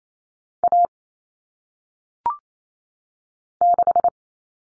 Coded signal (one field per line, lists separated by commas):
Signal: Morse code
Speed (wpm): 28 wpm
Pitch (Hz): 700 Hz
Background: none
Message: A 6